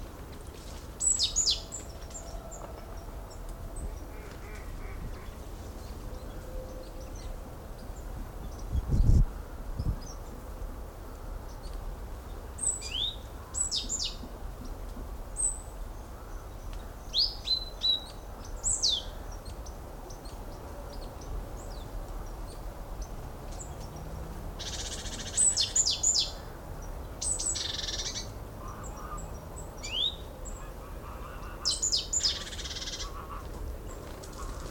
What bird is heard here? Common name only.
Great Tit